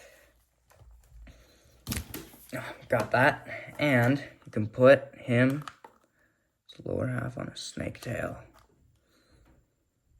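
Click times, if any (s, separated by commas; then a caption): none. An action figure's upper body is handled near a swap-in plastic snake-tail lower half that fits onto the torso peg, while someone talks. Soft handling taps and short knocks are heard, but nothing has seated or clicked yet.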